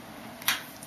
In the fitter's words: well as the top so right when it gets to about right there it kind of locks into place you hear that snap